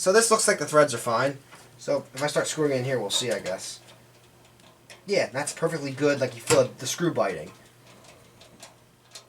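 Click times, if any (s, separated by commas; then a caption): 8.4 s, 9.2 s. A motherboard screw is driven into a metal standoff hole in a used computer case while someone talks. Faint clicks from the screw come at 8.4 s and 9.2 s. The thread fails to hold and the hole is stripped out.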